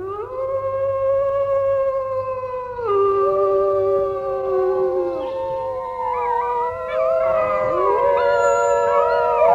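Wolves howl in long, sustained, wavering tones that rise and fall in pitch. Several voices overlap into a chorus, holding steady and fairly loud throughout with no talking.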